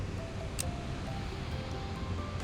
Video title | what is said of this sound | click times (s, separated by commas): TESTEI ESTE SISTEMA DE FILTROS - ISTO MUDA AS TUAS FOTOS? (K&F CONCEPT) | Ali faz um clique. | 0.6 s